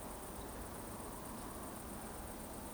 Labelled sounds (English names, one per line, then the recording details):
Eurasian Woodcock whistle
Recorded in Baden-Württemberg, Germany, on 23 June 2020 at 20:25 UTC
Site 14569, 102 m above sea level